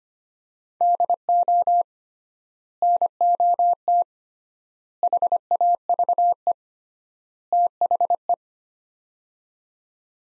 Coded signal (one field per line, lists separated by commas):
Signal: Morse code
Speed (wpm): 25 wpm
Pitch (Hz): 700 Hz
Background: none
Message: DO NOT HAVE THE